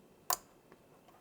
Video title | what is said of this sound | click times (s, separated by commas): Unlock Blazing Speed: Your 2.5G & 10G Network Upgrade | I had a click on that one as well. I have locked in. | 0.3 s